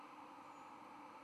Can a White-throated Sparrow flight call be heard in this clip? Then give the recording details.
no. No flight call is heard. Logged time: 01:52 on 5 November 2014